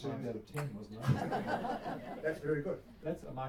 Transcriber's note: chuckles